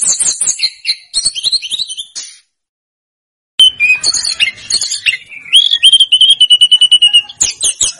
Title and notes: Masteran Tledekan Gunung Sikatan Gunung. BURUNG TLEDEKAN